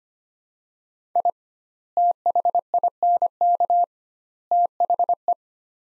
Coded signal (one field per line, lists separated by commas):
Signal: Morse code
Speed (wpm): 25 wpm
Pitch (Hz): 700 Hz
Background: none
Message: I THINK THE